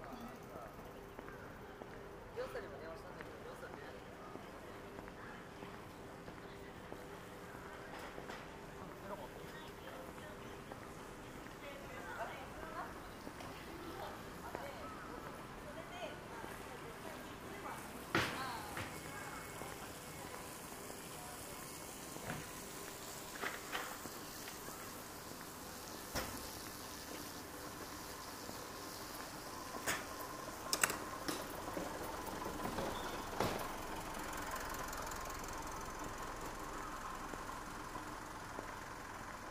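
A busy Saturday morning street scene in Shinjuku's Omoide Yokocho, with a steady crowd murmur of voices and passing traffic rumbling underneath. Sharp clacks and knocks break through now and then, clustering more in the second half, around 18, 26, 31 and 33 seconds.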